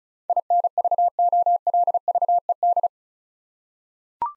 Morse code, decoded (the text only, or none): INVOLVED